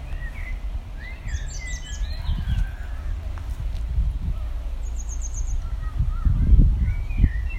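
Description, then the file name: Grey wagtail calls: a quick string of thin, high, sharp notes later on, plus earlier high chirps, over a loud steady low rumble and other soft bird notes. "gebirgsstelze"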